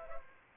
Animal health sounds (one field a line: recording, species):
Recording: mosquito wingbeat signal from an infrared sensor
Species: Aedes aegypti